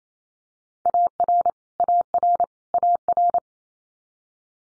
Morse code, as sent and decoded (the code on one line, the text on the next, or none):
.- .-. / .- .-. / .- .-.
AR AR AR